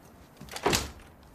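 A door swings shut, after someone opens it to find no one there and picks a letter up from the floor, in a single soft, sweeping push that ends in a muted thump, then quiet. No one speaks.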